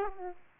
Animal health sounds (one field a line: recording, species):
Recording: mosquito wingbeat signal from an infrared sensor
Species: Aedes aegypti